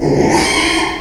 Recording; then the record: squeal of a Yucatan mini pig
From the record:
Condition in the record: after surgery on the right vocal fold (resection and tissue-engineered implant); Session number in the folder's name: 2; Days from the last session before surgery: 13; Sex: male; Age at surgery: 12 weeks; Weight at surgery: 13 kg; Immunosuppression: cyclosporine, prednisolone